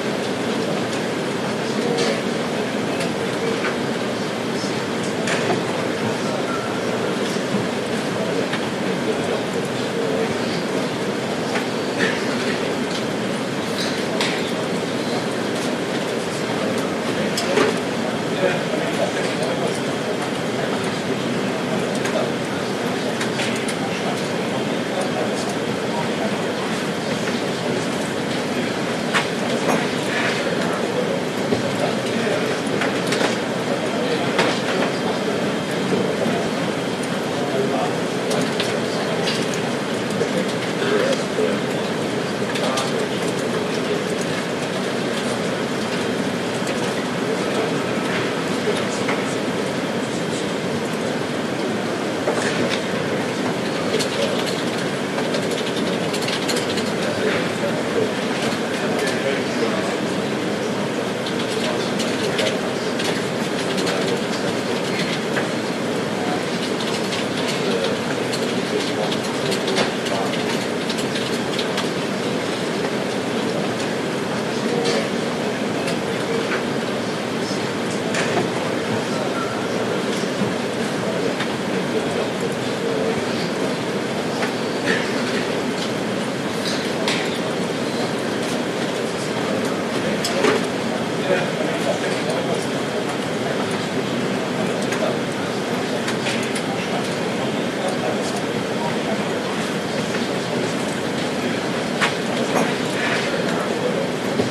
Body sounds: background sound without coughing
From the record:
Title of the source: Office Sounds Ambience - Background Noise for Study and Work

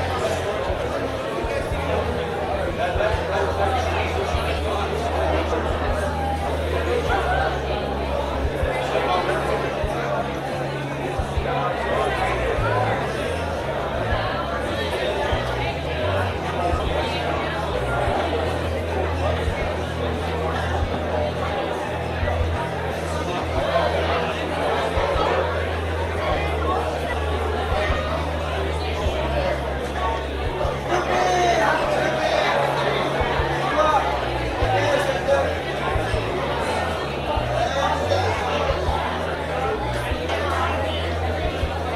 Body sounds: background sound without coughing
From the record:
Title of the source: CITY SOUNDS Busy Bar in the Evening Night - 2 HOURS of Ambiance for Relaxation

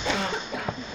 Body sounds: coughing mixed with background sound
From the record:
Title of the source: Barking cough - # 10

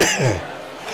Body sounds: coughing mixed with background sound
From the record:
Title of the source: Dry Afternoon Cough

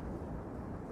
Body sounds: background sound without coughing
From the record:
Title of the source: Train Ride Ambience ambient white noise for sleeping, focus, studying, reading

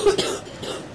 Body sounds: coughing mixed with background sound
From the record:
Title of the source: 30 Chesty and wet cough

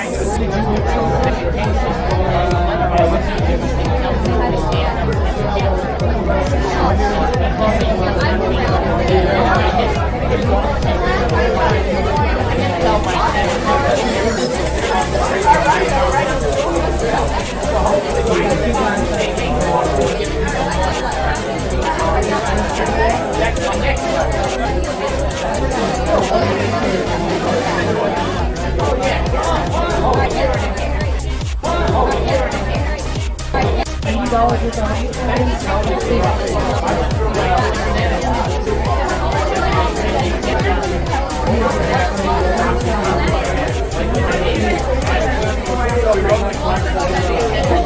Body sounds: background sound without coughing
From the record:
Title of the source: Nightlife Party Simulating Party Club Noise 1 Hour

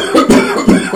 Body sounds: coughing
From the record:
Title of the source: Residual Phlegmy Morning Coughing and Gagging

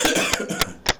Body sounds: coughing mixed with background sound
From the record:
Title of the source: Spring Cold Coughing.

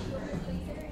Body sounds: background sound without coughing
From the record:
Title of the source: 60 minutes of coffee shop sounds for study and concentration

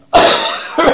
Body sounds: coughing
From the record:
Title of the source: Spring Allergy Coughing

